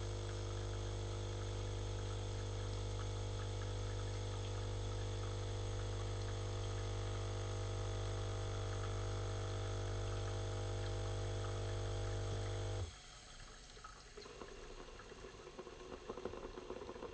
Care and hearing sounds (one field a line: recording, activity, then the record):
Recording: daily activity, microphone in the room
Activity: make coffee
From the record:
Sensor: 4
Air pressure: 992.5 hPa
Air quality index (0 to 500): 142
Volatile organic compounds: 77 ppm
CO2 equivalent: 3583 ppm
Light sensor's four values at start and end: 18/63/23/24 and 18/63/23/24